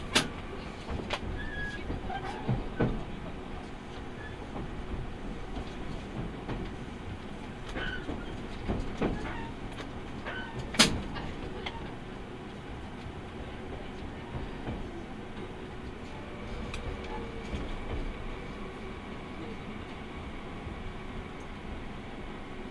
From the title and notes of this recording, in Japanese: 耳で楽しむ鉄道旅 日豊本線特急ソニック6号 柳ヶ浦→小倉。